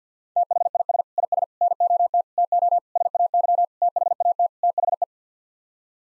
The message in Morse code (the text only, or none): THIS IS NOT TO SAY THAT THE